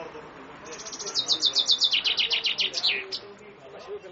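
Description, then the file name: Common chaffinch song, a single cascading trill of quick high notes that falls in pitch toward a closing flourish, over soft background hiss. "fringuello"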